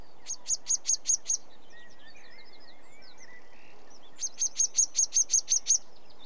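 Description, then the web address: Sedge warbler song: a short burst of sharp ticking notes, a pause with soft twittering and slurred chirps, then a longer ticking run. British birds. "The BBC Sound Effects Library (British Birds) Sedge Warbler"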